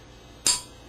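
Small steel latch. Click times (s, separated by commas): 0.5 s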